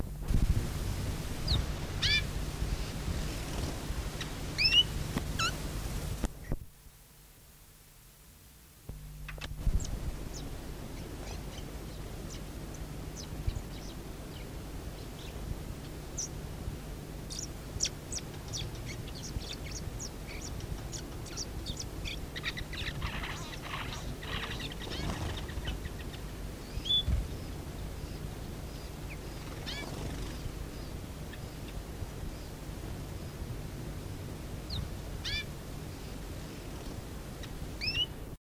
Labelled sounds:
Red-headed Finch call

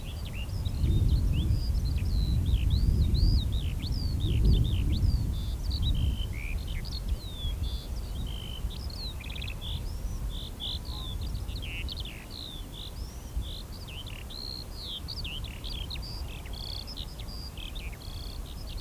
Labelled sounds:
Eurasian Skylark song

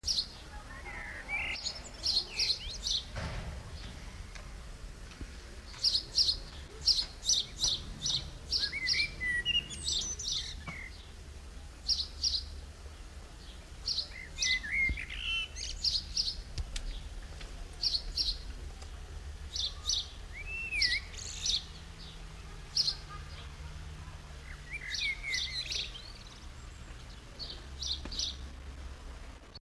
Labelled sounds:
House Sparrow song
Common Blackbird

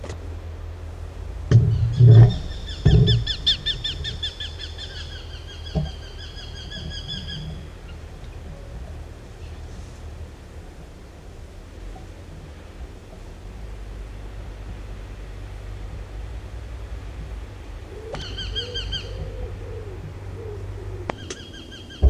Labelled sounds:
Eurasian Hobby call

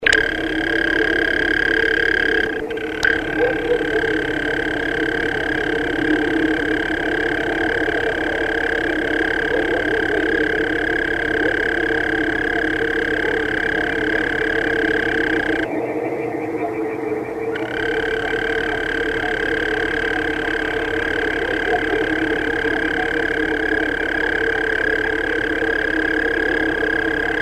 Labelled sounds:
European Mole Cricket call

